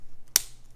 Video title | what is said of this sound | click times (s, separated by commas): Let's build the Gundam RX-78-2 Gundam Model Kit | There we go. Ooh, that was a satisfying click. | 0.4 s